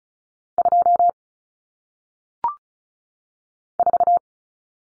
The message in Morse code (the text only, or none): 2 4